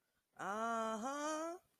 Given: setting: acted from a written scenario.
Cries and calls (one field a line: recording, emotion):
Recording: vocal sound without words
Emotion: triumph